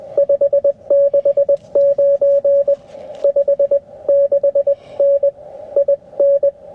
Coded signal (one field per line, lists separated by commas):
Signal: Morse code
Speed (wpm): 20 wpm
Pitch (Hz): 560 Hz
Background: radio noise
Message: 569 56N IN